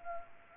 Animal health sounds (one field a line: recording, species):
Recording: mosquito wingbeat signal from an infrared sensor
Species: Anopheles gambiae